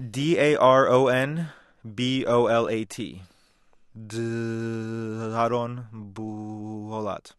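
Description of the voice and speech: A man from Rockville, Maryland, who has had speech therapy for several years, tries to say his full name several times, a name he always has trouble with. Long stretched vowels, a held block on the opening 'd' followed by a pause, and drawn-out syllables are heard. These prolongations and blocks are typical of stuttering, which is worse on sounds he has come to fear.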